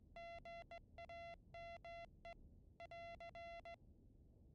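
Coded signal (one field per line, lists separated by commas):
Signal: Morse code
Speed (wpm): 18 wpm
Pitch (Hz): 680 Hz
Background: none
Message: GAME <AR>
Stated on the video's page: Morse keyed through a Vail adapter (Arduino-based) attached to the Wolfpack game, sent by the radioman position.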